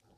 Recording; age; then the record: pig call; piglet (1 to 25 days)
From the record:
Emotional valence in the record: positive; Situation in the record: reunion after long isolation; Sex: male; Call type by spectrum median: low-frequency call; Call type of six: low-frequency stable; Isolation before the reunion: 8 minutes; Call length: 0.18 s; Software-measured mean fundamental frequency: 65 Hz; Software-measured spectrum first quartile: 233 Hz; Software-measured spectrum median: 674 Hz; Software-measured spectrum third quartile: 2230 Hz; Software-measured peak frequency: 111 Hz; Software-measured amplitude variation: 105 dB a second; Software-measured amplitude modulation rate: 14.0 a second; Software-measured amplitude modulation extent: 7.5 dB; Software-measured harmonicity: -1.1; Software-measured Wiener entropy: -1.71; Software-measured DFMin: 941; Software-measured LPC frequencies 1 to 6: 665, 3187, 4094, 4842, 5777, 7011 Hz